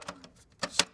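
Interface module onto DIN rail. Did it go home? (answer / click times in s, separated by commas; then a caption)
yes / 0.8 s. A redundant interface module for a SIMATIC ET200SP HA remote I/O station is pushed onto a DIN mounting rail. A few light ticks and a firmer knock at about 0.6 s lead up to the loudest, sharpest snap at 0.8 s, where the module clicks into place and is seated.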